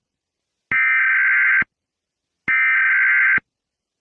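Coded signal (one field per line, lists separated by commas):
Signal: Emergency Alert System (SAME) tones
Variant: header bursts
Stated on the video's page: Fictional EAS scenario, not a real alert.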